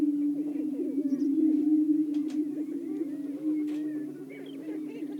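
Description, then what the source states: Greater prairie-chickens calling in chorus, a steady low humming drone with overlapping moaning swoops and occasional higher cackling notes throughout. Several greater prairie-chickens calling.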